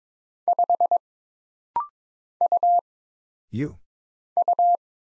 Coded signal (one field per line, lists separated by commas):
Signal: Morse code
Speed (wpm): 22 wpm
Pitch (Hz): 700 Hz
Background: none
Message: 5 U U